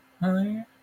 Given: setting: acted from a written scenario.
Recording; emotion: vocal sound without words; sympathy